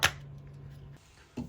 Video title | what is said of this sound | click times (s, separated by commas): How To Diagnose And Fix Your Samsung Front Load Washing Machine That Wont Drain | and then this will snap into place | 0.0 s